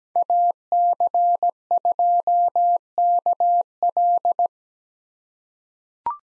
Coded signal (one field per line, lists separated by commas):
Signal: Morse code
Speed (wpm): 17 wpm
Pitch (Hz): 700 Hz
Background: none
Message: AC2KL